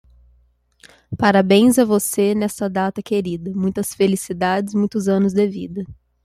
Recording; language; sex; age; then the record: short text; Brazilian Portuguese; male; 20 to 29 years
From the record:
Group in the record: control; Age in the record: 24 years